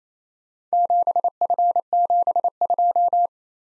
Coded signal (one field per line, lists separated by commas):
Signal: Morse code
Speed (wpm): 27 wpm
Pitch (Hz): 700 Hz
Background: none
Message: 7F72